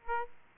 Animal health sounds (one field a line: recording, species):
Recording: mosquito wingbeat signal from an infrared sensor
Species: Aedes aegypti